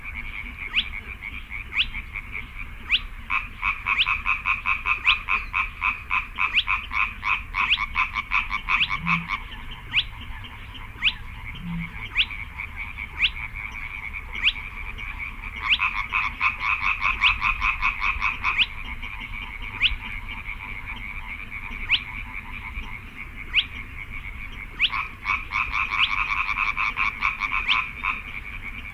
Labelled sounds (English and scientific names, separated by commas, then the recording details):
Spotted Crake (Porzana porzana)
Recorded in the wild
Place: Kützerhof, Kummerower See, Mecklenburg-Vorpommern, DE
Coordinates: 53.8536, 12.8675
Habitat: wetland
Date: 2009-05-07 23:07
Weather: bedeckt, windstill, ca. 10°C
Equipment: Sound Devices 702, Sennheiser MKH 70, Rycote Windschutz
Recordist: Frommolt, Karl-Heinz